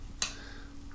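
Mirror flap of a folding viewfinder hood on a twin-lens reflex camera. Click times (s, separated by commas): 0.2 s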